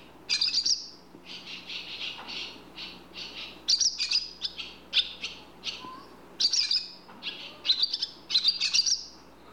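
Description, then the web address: Barn swallow calls: sharp high chirps alternating with lower buzzy notes in uneven bursts, steady faint hum in the background. "bird barn swallow calls animal"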